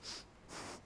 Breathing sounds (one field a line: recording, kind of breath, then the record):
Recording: one breath in and out by a microphone near the nose and mouth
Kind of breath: strong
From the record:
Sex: male